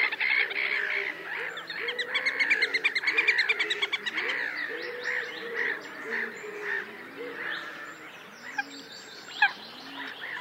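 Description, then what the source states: Little Grebe trills, a fast bubbling stream of high notes with a louder pulsed burst early on, and lower short calls beneath. Territorial dispute between neighbouring birds, featuring a great deal of trilling.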